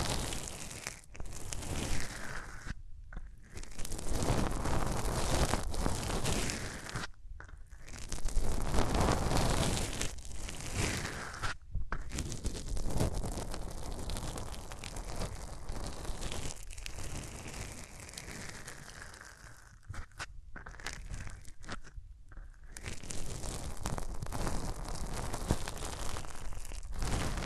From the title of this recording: Rubbing Your Ears in My Hands Sensitive, Close Up Triggers (No Talking)